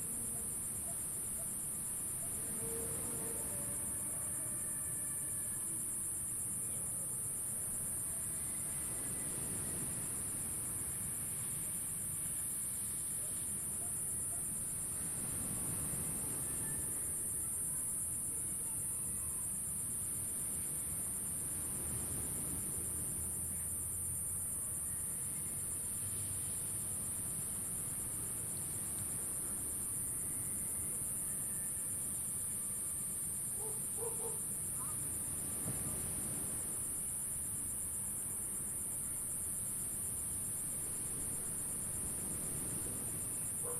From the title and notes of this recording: Phan Rang insect call by the ocean. Insect calls zap above calming ocean waves. Recorded by Kit Wilmans Fegradoe.